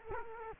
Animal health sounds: mosquito wingbeat signal from an infrared sensor; Culex quinquefasciatus

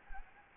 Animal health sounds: mosquito wingbeat signal from an infrared sensor; Anopheles gambiae

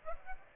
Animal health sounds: mosquito wingbeat signal from an infrared sensor; Aedes aegypti

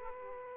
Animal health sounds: mosquito wingbeat signal from an infrared sensor; Aedes aegypti

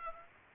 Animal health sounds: mosquito wingbeat signal from an infrared sensor; Aedes aegypti

